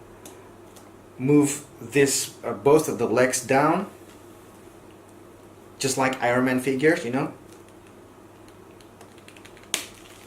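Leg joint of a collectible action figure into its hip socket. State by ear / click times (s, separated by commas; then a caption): seated / 9.7 s. Someone talks while pulling both legs of a 1/6 scale plastic Hot Toys Black Panther MMS470 action figure down at the hip, for more articulation. After a few faint ticks, a sharp, loud snap at 9.7 s is the leg joint seating into its extended position in the hip socket.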